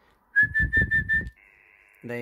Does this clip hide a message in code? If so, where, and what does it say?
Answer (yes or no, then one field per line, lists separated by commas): no